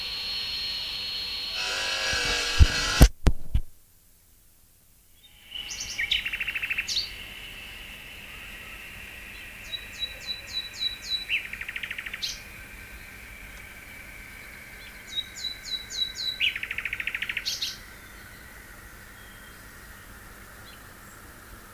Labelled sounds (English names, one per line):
Common Nightingale song